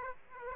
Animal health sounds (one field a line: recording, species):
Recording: mosquito wingbeat signal from an infrared sensor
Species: Aedes aegypti